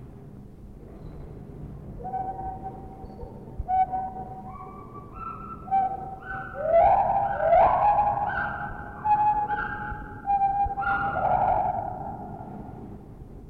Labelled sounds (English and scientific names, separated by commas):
Lar Gibbon (Hylobates lar)